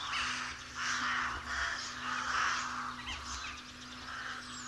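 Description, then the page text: Rooks in a continuous chorus of hoarse, overlapping caws and croaks, blending into a steady wash of calls with no clear breaks. Rook colony. "Б. Вепринцев - Голоса весны (1970) - Колония грачей"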